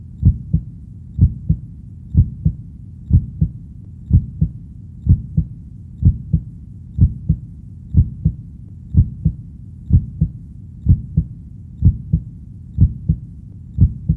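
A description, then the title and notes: A heartbeat thumps in a steady, even rhythm, each beat a doubled lub-dub pair repeating about once a second for the whole stretch. The sound is deep and muffled, close up, over a soft low rumble with nothing else around it. HEARTBEAT.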